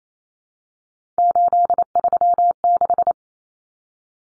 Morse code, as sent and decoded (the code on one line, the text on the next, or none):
---.. ...-- -....
836